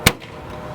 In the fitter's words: there I got the bottom of it you can hear it click now to get the top kind of go up a little